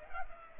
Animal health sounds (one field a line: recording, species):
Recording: mosquito wingbeat signal from an infrared sensor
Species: Culex pipiens